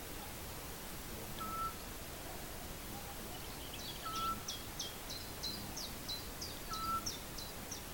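Animal calls: a short pure whistled note repeats about every two and a half seconds, while a series of high, quick chirping phrases runs through the second half over steady background hiss.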